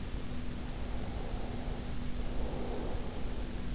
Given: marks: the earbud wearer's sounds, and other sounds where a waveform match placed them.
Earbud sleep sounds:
sounds in sleep by an in-ear microphone; breath
0.49-3.67 s: breath

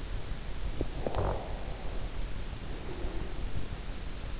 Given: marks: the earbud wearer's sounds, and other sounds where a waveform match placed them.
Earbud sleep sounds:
sounds in sleep by an in-ear microphone; breath
0.68-3.68 s: breath

